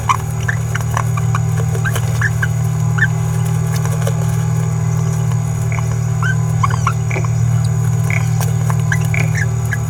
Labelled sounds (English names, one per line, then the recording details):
Green-rumped Parrotlet babbling
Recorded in a nest box in Venezuela
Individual 18B17A3